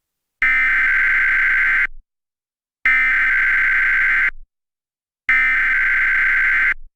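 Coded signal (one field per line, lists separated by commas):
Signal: Emergency Alert System (SAME) tones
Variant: header bursts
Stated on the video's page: Simulated EAS scenario, fictional July 4th special.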